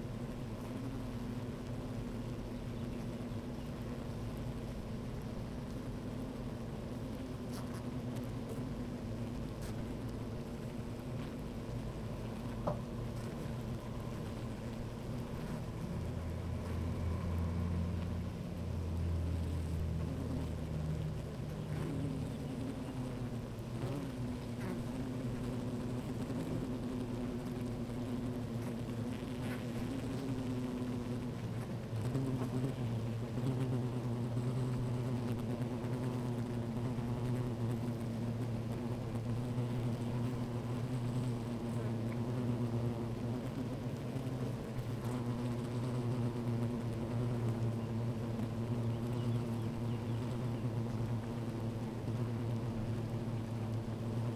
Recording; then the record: honeybee colony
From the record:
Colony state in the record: active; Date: 28 July 2017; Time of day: 12:32